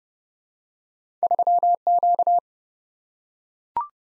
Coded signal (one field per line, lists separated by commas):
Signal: Morse code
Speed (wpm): 32 wpm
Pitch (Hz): 700 Hz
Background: none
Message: 3Q